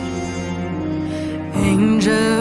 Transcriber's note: breath?